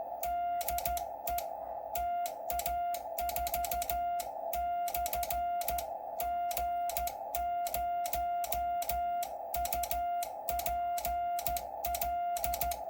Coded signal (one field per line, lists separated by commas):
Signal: Morse code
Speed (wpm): 14 wpm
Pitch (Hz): 700 Hz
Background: music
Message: DE TA4/G0UPL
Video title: Debugging QCX issues, using cheap pocket scope, DVM or built-in DVM. With 40m QSO at the end